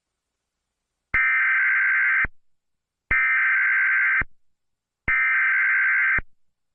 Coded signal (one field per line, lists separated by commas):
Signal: Emergency Alert System (SAME) tones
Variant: header bursts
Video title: Tornado Warning EAS warning